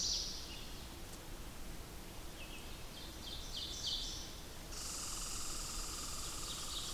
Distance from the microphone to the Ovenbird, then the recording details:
about 45 m. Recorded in boreal forest in Alberta, Canada, on 8 June 2016 at 08:04. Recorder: SongMeter 3, array SBT-3-9. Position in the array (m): 141 m, 129 m. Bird 35